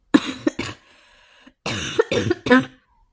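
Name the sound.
dry cough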